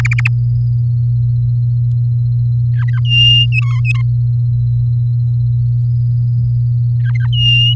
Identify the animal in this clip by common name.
Domestic Canary